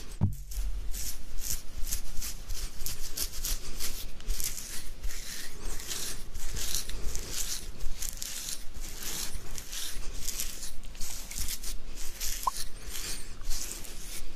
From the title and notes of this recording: ASMR INSANE BEARD SCRATCHING.